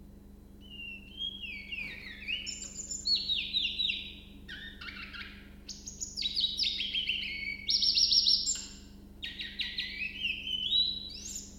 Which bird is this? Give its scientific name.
Phylloscopus trochilus